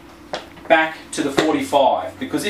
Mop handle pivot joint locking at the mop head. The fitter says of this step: you've got to be careful when you're using it first time to make sure you click it